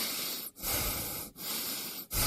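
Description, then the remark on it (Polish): A person breathes in and out on spoken command in a Polish radio advertisement about smog and district heating, each breath a loud, airy rush broken by a brief pause, with about three breaths in a row and no talking. “Proszę oddychać.”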